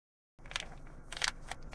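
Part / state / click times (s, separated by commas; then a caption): anti-pop windscreen onto wireless microphone transmitter / not seated / none. Two anti-pop windscreens for a DJI Mic Mini 2 wireless microphone transmitter are handled and taken out, giving crinkling and rustling with sharp crackles at about 0.6 s and 1.2 s. Nothing has been clipped onto the microphone yet.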